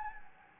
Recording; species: mosquito wingbeat signal from an infrared sensor; Anopheles gambiae